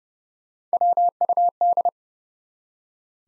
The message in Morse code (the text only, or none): WUD